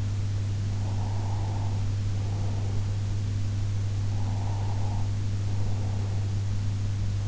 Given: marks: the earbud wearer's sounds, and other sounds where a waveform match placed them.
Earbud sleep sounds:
sounds in sleep by an in-ear microphone; breath
0.78-3.07 s: breath
4.21-6.55 s: breath

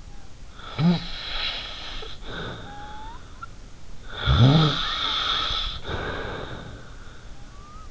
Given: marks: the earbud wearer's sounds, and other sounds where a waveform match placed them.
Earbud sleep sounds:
sounds in sleep by an in-ear microphone; snoring breath
0.52-3.49 s: snoring breath
4.10-7.91 s: snoring breath

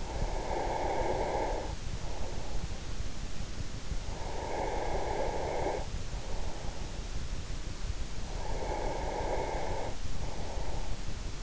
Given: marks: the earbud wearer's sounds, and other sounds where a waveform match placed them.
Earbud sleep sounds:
sounds in sleep by an in-ear microphone; breath
0.00-2.80 s: breath
3.96-7.10 s: breath
8.25-11.43 s: breath

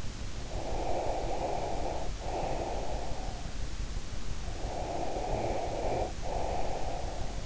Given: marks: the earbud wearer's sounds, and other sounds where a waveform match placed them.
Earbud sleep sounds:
sounds in sleep by an in-ear microphone; breath
0.44-3.35 s: breath
4.60-7.46 s: breath

